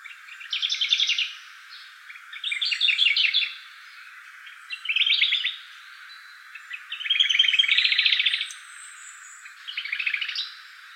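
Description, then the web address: Hume's leaf warbler calls in short, dense bursts of rapid high chirps, each about a second long, repeated roughly every two seconds with quiet gaps between. Recorded 11 May 2019. "birdenaga humei 190511"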